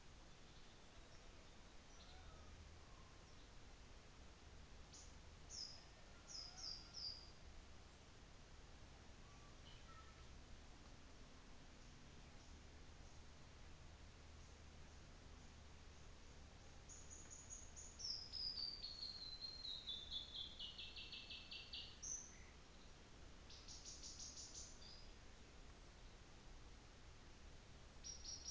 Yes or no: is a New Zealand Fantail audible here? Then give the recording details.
no. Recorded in New Zealand on 24 December 2018. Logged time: 17:00